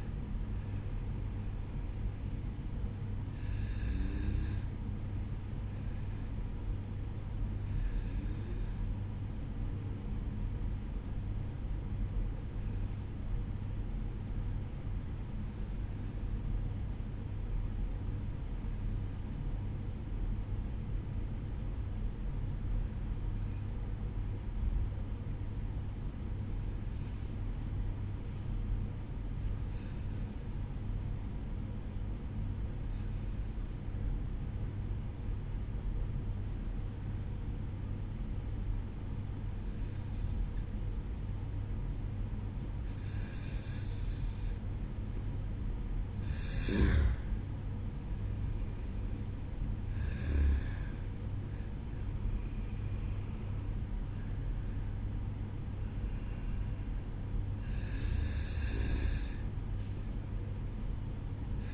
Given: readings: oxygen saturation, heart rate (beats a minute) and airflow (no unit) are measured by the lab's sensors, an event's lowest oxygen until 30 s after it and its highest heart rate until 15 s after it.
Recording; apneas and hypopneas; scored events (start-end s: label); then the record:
breathing in sleep by a smartphone at the bedside; 1
10.00-40.00 s: new sleep stage, N2 (light sleep)
13.00-44.10 s: obstructive apnea (N2, oxygen 95% highest, then 92% lowest, heart rate 54 at the start, 60 highest)
40.00-61.74 s: new sleep stage, N1 (lightest sleep)
From the record:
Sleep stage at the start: N1 (lightest sleep); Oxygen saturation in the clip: 92 to 95%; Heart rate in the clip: 53 to 60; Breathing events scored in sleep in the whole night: 305 in 9.6 hours asleep